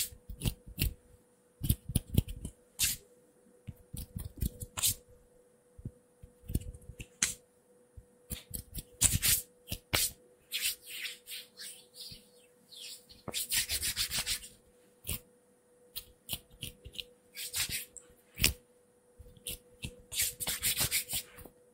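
Quick, irregular hand movements rub and brush against a surface, making dry scraping bursts that start and stop without a steady rhythm. Strokes range from short flicks to longer rubs around 9 and 13–15 seconds, bright, over a faint constant hum.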